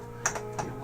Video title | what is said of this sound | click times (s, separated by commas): Backcountry Freelancers | lock into place like my | 0.3 s